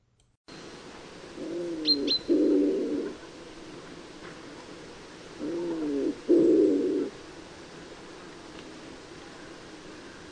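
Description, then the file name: Common wood pigeon giving two low cooing phrases about four seconds apart; brief thin high chirps during the first phrase. "Colombaccio"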